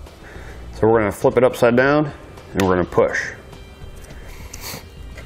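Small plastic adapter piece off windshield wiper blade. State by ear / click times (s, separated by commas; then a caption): released / 4.5 s. Someone talks while a ClearPlus Intelli Curve windshield wiper blade for a 2018 Audi Q5 is flipped upside down and pushed to pop its small plastic adapter piece off. A sharp pop is heard at 4.5 s as the adapter piece releases from the blade.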